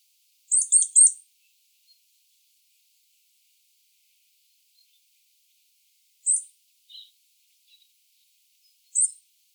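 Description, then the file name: Eurasian nuthatch calls: a fast triplet of high, piercing notes, then single sharp notes several seconds apart, with a few faint lower chips. "Sitta europaea"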